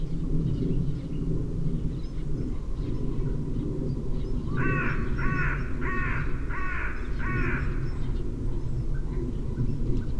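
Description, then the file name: Carrion crow calling a run of five harsh, evenly spaced caws in the middle, roughly one every two-thirds of a second, against a steady low hum. "Corvus corone"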